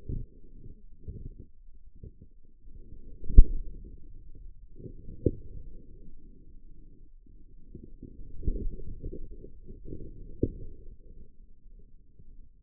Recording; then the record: forearm muscle sounds (acoustic myography)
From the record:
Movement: inward rotation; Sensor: system 2, bracelet of six BSWA MPA416 microphones around the upper forearm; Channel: 4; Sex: male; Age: 22 years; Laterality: right